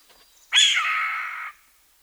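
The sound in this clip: Steller's jay uttering a single drawn-out raspy squawk about a second long, starting sharply and then holding a steady grating tone.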